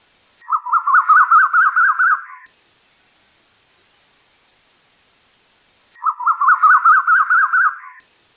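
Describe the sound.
Bird delivering a brisk two-second run of repeated warbling notes, pausing silently, then repeating the identical phrase.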